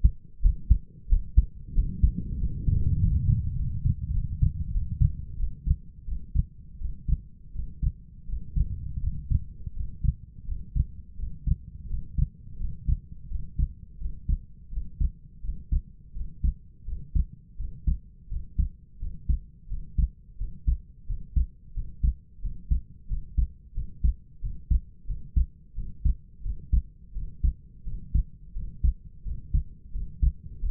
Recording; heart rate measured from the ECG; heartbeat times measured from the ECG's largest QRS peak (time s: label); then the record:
heart sounds by stethoscope; 87 bpm
0.42 s: heartbeat
1.09 s: heartbeat
1.74 s: heartbeat
2.39 s: heartbeat
2.99 s: heartbeat
3.56 s: heartbeat
4.13 s: heartbeat
4.72 s: heartbeat
5.38 s: heartbeat
6.06 s: heartbeat
6.79 s: heartbeat
7.53 s: heartbeat
8.27 s: heartbeat
9.01 s: heartbeat
9.75 s: heartbeat
10.46 s: heartbeat
11.17 s: heartbeat
11.88 s: heartbeat
12.59 s: heartbeat
13.29 s: heartbeat
13.99 s: heartbeat
14.71 s: heartbeat
15.42 s: heartbeat
16.14 s: heartbeat
16.86 s: heartbeat
17.58 s: heartbeat
18.29 s: heartbeat
19.00 s: heartbeat
19.69 s: heartbeat
20.38 s: heartbeat
21.07 s: heartbeat
21.74 s: heartbeat
22.42 s: heartbeat
23.08 s: heartbeat
23.74 s: heartbeat
24.41 s: heartbeat
25.07 s: heartbeat
25.75 s: heartbeat
26.43 s: heartbeat
27.14 s: heartbeat
27.85 s: heartbeat
28.54 s: heartbeat
29.24 s: heartbeat
29.93 s: heartbeat
30.61 s: heartbeat
From the record:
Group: healthy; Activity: rest 0-1 s, breath hold 1-31 s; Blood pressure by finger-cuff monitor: 104/61 mmHg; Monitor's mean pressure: 74 mmHg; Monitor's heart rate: 86 bpm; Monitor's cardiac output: 6.5 L/min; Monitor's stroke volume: 76 mL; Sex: male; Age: 22 years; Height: 181 cm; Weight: 60 kg